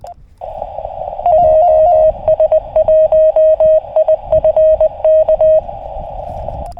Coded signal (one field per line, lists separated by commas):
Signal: Morse code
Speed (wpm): 20 wpm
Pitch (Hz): 630 Hz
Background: radio noise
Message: JS1IFK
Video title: 荒波QSBの中での山岳移動運用/ FT-818ND QRP / Riding the QSB on 40m CW at Komagamine